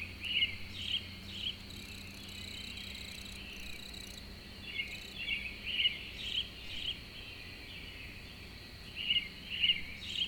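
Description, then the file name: Cricket chirping as a steady high-pitched trill running under the whole stretch, while birds add bright, clustered chirps in a few bursts. A lone cricket in the early morning with birds, April 2012. "freesound Early AMBirds Lone Cricket April 2012"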